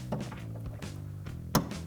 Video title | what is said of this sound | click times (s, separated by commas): 2024-2026 Mustang Euro Style Sequential LED Tail Lights Review & Install | Press it in until you hear that click. | 1.5 s